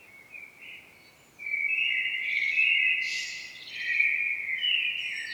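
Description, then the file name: Common blackbird song: a sustained mellow warbling phrase, quiet at first, then louder from about one and a half seconds, with a higher scratchy flourish midway. "Turdus merula"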